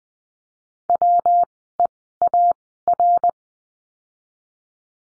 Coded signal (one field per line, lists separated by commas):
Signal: Morse code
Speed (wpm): 20 wpm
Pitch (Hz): 700 Hz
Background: none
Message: WEAR